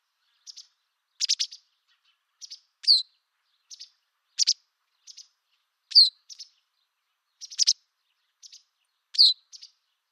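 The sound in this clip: Bird chirping, sharp high clicks alternating with falling slurred notes, repeated in an uneven rhythm.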